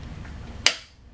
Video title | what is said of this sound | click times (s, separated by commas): รถเข็นเด็กยี่ห้อ Stokke Xplory Stroller by Wiseswiso | and'll go away it snaps in place when it's secure | 0.7 s